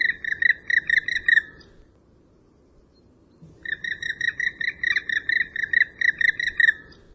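Bird calling in two chattering bursts of quick, buzzy notes repeated several times a second, separated by a pause of about two seconds, with low rumble beneath.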